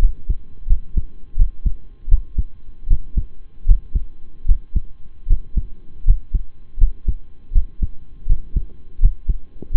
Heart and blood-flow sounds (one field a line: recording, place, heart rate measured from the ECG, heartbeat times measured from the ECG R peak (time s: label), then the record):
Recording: heart sounds by stethoscope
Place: between the tricuspid and mitral areas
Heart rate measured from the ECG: 80 bpm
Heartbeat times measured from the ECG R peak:
0.67 s: heartbeat
1.36 s: heartbeat
2.08 s: heartbeat
2.87 s: heartbeat
3.65 s: heartbeat
4.45 s: heartbeat
5.27 s: heartbeat
6.04 s: heartbeat
6.78 s: heartbeat
7.52 s: heartbeat
8.26 s: heartbeat
8.99 s: heartbeat
9.70 s: heartbeat
From the record:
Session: rest, lying down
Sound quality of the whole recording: partially saturated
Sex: male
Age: 25 years